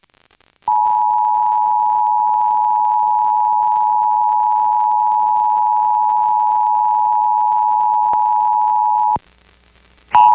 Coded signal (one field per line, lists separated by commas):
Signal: Emergency Alert System (SAME) tones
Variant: 853 and 960 Hz attention tone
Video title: PA RMT (7/21/22)(EAS 1211-1217)